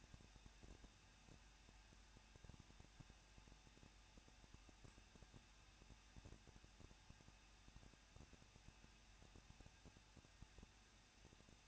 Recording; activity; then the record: daily activity, microphone in the room; no activity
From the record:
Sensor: 2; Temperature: 21.0 degrees Celsius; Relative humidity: 37.3%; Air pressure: 1006.2 hPa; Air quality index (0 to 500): 221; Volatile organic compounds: 24 ppm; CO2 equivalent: 2803 ppm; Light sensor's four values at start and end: 2/3/2/2 and 2/3/2/2